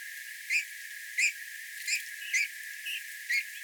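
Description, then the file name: Eurasian bullfinch giving soft, short piping whistles, six in under four seconds at uneven spacing, over a faint steady hiss. "Pyrrhula pyrrhula"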